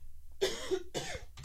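Two short, harsh adult coughs follow one another closely, each a sudden noisy burst lasting about half a second, in a quiet room. A plain cough, with no wheeze or whoop heard.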